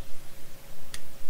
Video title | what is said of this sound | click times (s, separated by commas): twister messes pro series 24 Xvault juice Xmuffin Xpunch Xcrumble | Hop. Donc ça se clipse un petit peu à l'intérieur et du coup, si | 0.9 s